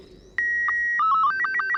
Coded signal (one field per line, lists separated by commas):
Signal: SSTV (slow-scan television)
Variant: Robot 36